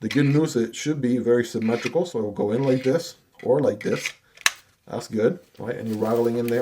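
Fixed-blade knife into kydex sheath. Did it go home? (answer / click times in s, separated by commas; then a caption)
no / none. A fixed-blade knife is handled next to its kydex sheath while someone talks, with a brief sharp tap near 4.5 s between the phrases. The knife has not yet snapped into the sheath, and nothing has seated or clicked yet.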